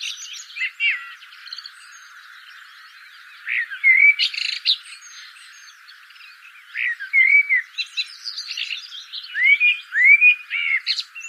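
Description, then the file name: Common blackbird singing: a few fluty rising whistles and scratchy high twitters in separate bursts, with quieter stretches between phrases. "Turdus merula"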